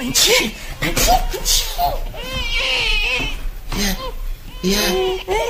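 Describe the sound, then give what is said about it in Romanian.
A baby cries inside a house in several high, wavering wails and whimpers, the pitch sliding up and down between short breaks, fairly loud throughout. “Îmi pare că se aude ceva în casă.”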